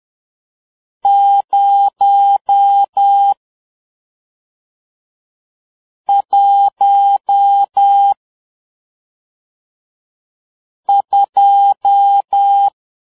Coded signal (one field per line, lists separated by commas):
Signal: Morse code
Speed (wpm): 10 wpm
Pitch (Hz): 800 Hz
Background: none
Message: 0 1 2